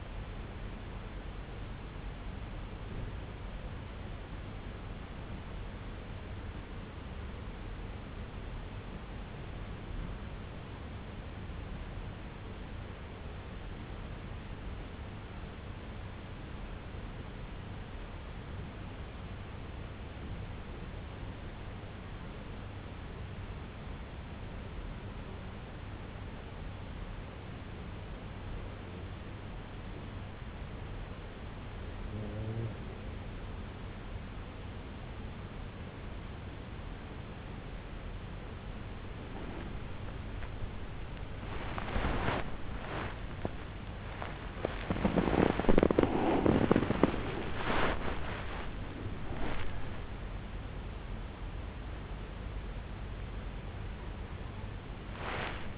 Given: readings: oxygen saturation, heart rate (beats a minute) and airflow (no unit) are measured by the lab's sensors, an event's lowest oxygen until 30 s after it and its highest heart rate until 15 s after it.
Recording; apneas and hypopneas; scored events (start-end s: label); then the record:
breathing in sleep by a voice recorder at the bedside; 1
3.00-32.90 s: hypopnea (N1, oxygen 97% highest, then 94% lowest, heart rate 60 at the start, 66 highest)
50.00-55.77 s: new sleep stage, awake
From the record:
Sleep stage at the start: N1 (lightest sleep); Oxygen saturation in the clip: 94 to 97%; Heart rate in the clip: 56 to 84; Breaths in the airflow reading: 19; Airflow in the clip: -0.7 to 0.7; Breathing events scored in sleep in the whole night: 51 in 8.9 hours asleep